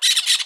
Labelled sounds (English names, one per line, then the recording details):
Brown-throated Parakeet contact call
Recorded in Aruba